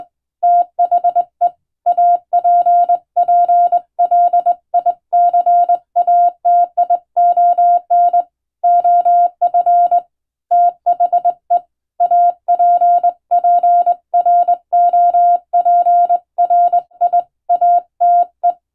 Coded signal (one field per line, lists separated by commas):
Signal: Morse code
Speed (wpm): 22 wpm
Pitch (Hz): 700 Hz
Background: none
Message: THE APPLICATION OF THE APPROPRIATE